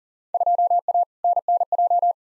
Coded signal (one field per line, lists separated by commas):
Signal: Morse code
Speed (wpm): 40 wpm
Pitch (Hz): 700 Hz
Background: none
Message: 2A NNJ